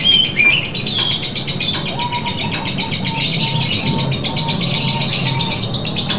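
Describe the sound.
Lovebird chattering, with rapid high shrill chirps running throughout and a short mid-pitched note repeated about every half second, over a low steady rumble.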